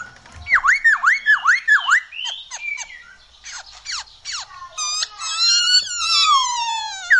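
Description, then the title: Black-throated laughingthrush song, a run of loud slurred whistles falling then rising, followed by clipped notes, buzzy bursts and a long descending warbled phrase. Bird spreading its wings (buka sayap). "Poksay Hongkong Buka Sayap"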